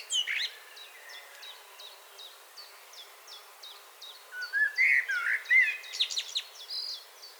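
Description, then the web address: Common blackbird song: a brief fluty phrase at the start, then mellow warbles and high squeaky notes in the second half, with thin high ticks repeating in between. "SETE data Turdus merula 181122"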